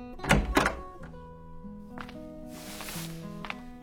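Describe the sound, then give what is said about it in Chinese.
A door is pushed open with two quick, dull thunks, followed by a soft airy swish, while a steady low musical drone plays underneath. “洛伊推开门，正巧看见他爬起床来。”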